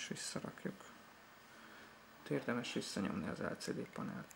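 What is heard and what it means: A TFT LCD panel is handled and pushed from one side toward its seat in the display hinge housing of a Samsung VP-D364W camcorder during repair, while someone talks. Soft handling noises accompany the speech. Nothing has seated or clicked yet.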